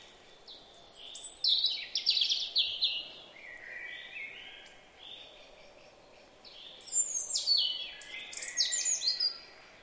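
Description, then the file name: European robin song: a run of thin, high, varied warbling and trilled phrases, a pause, then another sparkling phrase bursting out near the end. "Erithacus rubecula"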